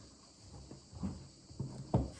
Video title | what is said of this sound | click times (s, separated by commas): UNBOXING ET 1ER CRASH TEST @NeewerOfficial | ça fait clic aussi. | 1.9 s